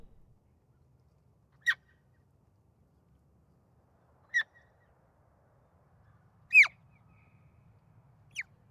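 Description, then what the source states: Sika deer squeaks, four short sharp high calls a few seconds apart, with a faint low rumble beneath. Short squeaks recorded at a distance with reverberation.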